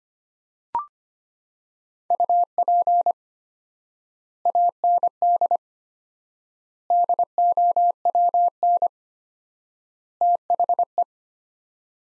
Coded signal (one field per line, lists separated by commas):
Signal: Morse code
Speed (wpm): 25 wpm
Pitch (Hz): 700 Hz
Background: none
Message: UP AND DOWN THE